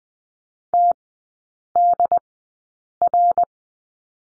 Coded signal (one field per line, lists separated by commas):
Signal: Morse code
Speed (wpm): 20 wpm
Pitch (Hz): 700 Hz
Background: none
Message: TDR